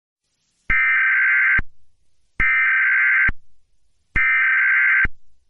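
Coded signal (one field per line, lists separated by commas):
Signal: Emergency Alert System (SAME) tones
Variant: header bursts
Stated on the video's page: Fictional EAS scenario, not a real alert.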